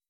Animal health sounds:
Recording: hydrophone in a shrimp aquaculture tank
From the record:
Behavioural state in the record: weakened

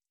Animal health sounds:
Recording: hydrophone in a shrimp aquaculture tank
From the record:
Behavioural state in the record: stressed

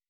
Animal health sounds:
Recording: hydrophone in a shrimp aquaculture tank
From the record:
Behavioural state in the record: weakened

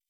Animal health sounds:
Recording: hydrophone in a shrimp aquaculture tank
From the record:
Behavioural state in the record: feeding

